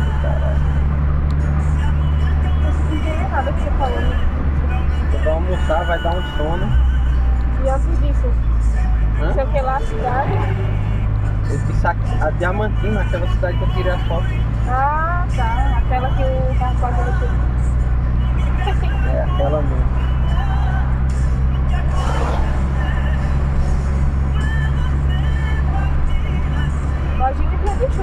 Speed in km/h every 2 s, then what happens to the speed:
66, 67, 62, 51, 48, 43, 47, 49, 53, 58, 59, 61, 64, 64.
3-9 brakes to 43. 9-24 speeds up to 64.